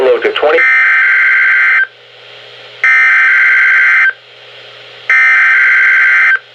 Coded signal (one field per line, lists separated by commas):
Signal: Emergency Alert System (SAME) tones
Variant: header bursts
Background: speech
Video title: First Required Weekly Tests of 2018! 01/03/2018 (EAS# 143-146)